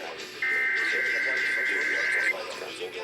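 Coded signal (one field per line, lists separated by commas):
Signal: Emergency Alert System (SAME) tones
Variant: header bursts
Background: speech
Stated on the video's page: NOAA Weather Radio tornado drills and severe weather preparedness statements for North and South Carolina; alerts may contain valid EAS tones.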